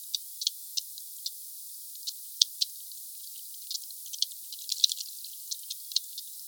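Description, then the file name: Sperm whale clicks, slowed down, heard as sharp irregular ticks and pops, some in quick clusters and a few much louder, over a steady high hiss. "Sphyrna Odyssey Glotinetal meute 4 Cachalots 3 kmdistance enregistre-2 msurface 12 mn Sud Monaco HP 8 k Hz ralenti 5 foisenviron 20200114"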